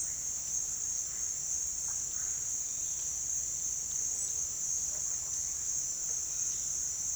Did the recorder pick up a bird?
no